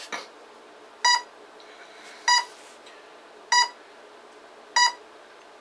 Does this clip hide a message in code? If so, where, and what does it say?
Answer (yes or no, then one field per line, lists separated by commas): no